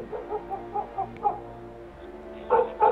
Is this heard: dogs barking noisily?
yes